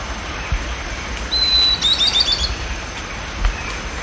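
Bird song: a sustained thin high whistle breaking into a quick, jangling series of sweet slurred notes, once, over a hissy background.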